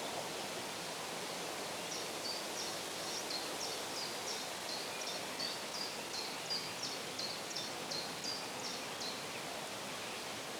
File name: Forest Sounds - The Birds in the Forest